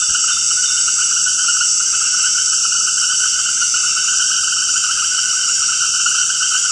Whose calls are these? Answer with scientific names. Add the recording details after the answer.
none. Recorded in dense forest near Puerto Asís, Putumayo, Colombia, on 20 February 2024 at 20:00. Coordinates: 0.472, -76.329. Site G6394